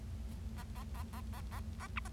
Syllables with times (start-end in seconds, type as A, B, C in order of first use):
0.57-0.63 A, 0.75-0.83 A, 0.94-1.02 A, 1.13-1.21 A, 1.33-1.41 A, 1.51-1.60 A, 1.80-1.87 A, 1.96-1.99 B, 2.05-2.08 C